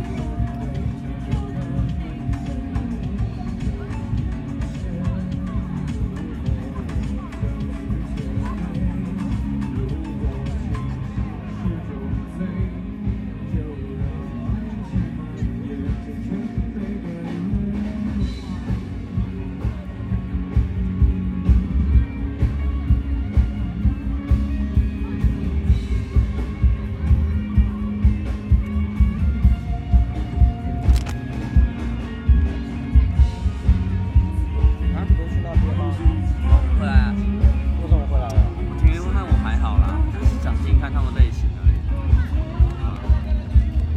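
A live recording at a music festival, crowded with low, booming sound and the murmur of voices. Around twenty seconds in, it grows louder and a steady, driving beat takes over, thumping regularly to the end with scattered brighter sounds above.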